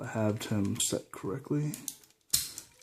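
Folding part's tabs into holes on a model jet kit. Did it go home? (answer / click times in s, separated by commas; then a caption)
yes / 2.3 s. Someone talks while folding a plastic part down on a model jet kit so its two tabs push into the matching holes. A sharp snap at 2.3 seconds marks the tabs locking into place, and the part is seated.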